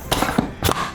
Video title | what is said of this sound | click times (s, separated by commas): Pro-Line RC Hauler Bag Review | There's a little tension though when you slide it back in, you hear that little snap, and it kind of holds it in place. | 0.7 s